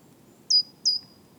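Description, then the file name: Great tit call: two sharp, high, thin notes about a third of a second apart, each starting with a brief downward flick, over quiet low background hiss. "Parus major"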